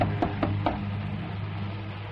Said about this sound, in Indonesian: Dan saat itu kami berdua dikagetkan oleh suara ketukan di pintu.